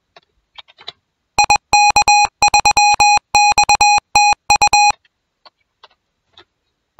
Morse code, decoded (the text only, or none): IK3XTU